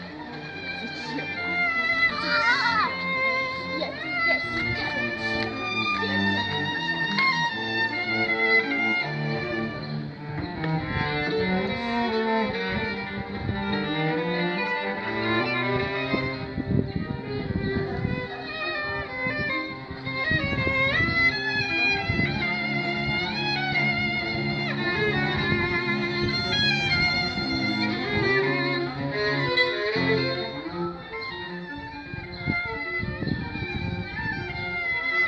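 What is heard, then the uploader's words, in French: Music plays in the street, steady in loudness for the whole stretch. Sustained melodic lines weave over a firm low bass, with gliding notes early on and busy bright tones throughout, easing slightly near the end. Paris. Musique dans la rue.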